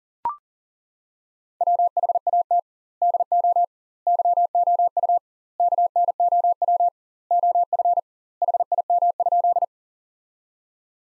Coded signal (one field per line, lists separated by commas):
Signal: Morse code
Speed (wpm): 40 wpm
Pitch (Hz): 700 Hz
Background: none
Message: WHAT DO YOU KNOW OF HIM?